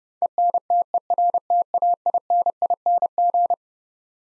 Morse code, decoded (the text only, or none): ENTERTAINING